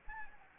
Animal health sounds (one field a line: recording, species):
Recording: mosquito wingbeat signal from an infrared sensor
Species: Anopheles arabiensis